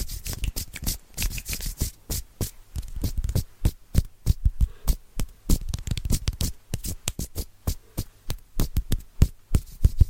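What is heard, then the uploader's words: Quick, rhythmic hand sounds layered together: rapid taps, rubs and slaps land several times a second with no pauses, each a sharp bright hit with a soft low thump beneath. The pace stays fast and busy throughout, with no talking. ASMR Fast & Rhythmic Hand Sounds Layered No Talking.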